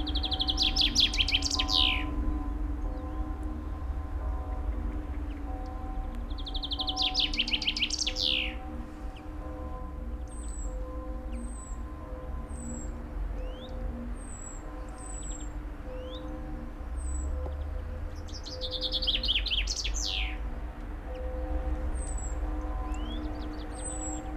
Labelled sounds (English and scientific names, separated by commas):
Common Chaffinch (Fringilla coelebs) song